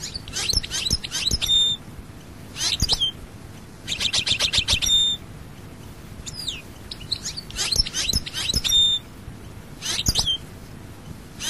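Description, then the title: European goldfinch song: repeated short bursts of tinkling twitters, buzzy trills and falling whistles, separated by brief pauses. "Chant Chardonneret"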